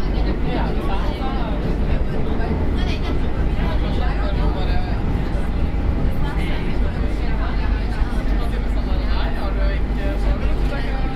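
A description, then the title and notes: A ride aboard a metro train, with a steady deep rumble of the carriage filling the low end throughout. Voices of passengers murmur continuously over the noise, with a few brief higher squeals and clatters scattered through the ride. Binaural Diaries - Barcelona Metro Journey. We were riding Linea 3 from Vallcarca to Liceu.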